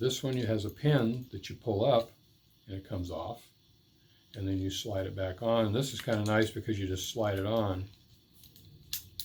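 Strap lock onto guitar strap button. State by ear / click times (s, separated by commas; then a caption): seated / 8.9 s, 9.2 s. A pin-style guitar strap lock, which has a pin that is pulled up to release it, is slid back onto the guitar's strap button until it locks in place, very sturdy and not coming off. Someone talks for most of the clip. Then short, sharp clicks at 8.9 s and 9.2 s mark the lock seating.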